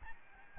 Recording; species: mosquito wingbeat signal from an infrared sensor; Aedes albopictus